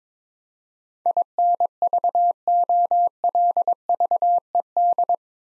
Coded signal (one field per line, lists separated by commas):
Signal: Morse code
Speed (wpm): 21 wpm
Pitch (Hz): 700 Hz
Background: none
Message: INVOLVED